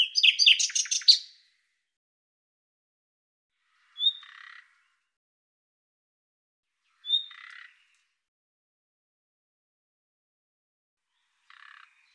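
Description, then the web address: Bird sound opening with a loud rapid chattering trill, then three quieter buzzy rasps, the first two each preceded by a thin high note, spaced a few seconds apart. "Deverinetal 2025"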